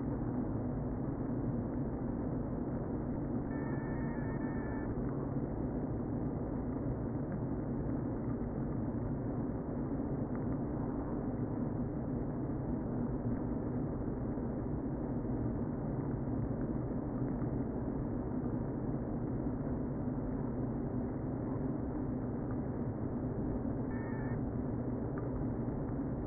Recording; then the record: honeybee colony, microphone inside the hive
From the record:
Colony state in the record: queen present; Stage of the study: before two queens were removed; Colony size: about 60,000 bees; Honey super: yes